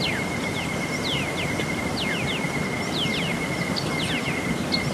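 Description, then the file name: Black-chested mountain tanager calls: sharp falling notes in quick irregular bursts, alongside a steady thin whistle-like tone and continuous rushing noise. "Buthraupis eximia - Black-chested Mountain Tanager"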